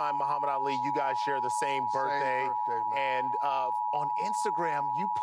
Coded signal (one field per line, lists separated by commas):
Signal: Emergency Alert System (SAME) tones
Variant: 853 and 960 Hz attention tone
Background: speech